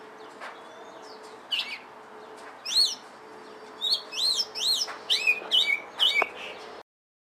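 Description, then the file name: Oriental magpie-robin delivering scattered then quickening whistled phrases, arched and sliding notes, above a persistent low hum. Indonesian local name kacer, variety called lutung cebu. "audio burung kacer lutung cebu. omkicau"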